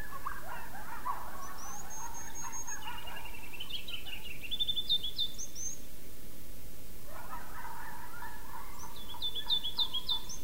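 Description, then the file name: Coyotes yipping in two chaotic group bursts of rapid, wavering high yelps and short wails, separated by a quieter gap, with a steady low background hiss. Several coyotes yelling, recorded 5 May 2016. "yell-YELLCoyotes 20160505"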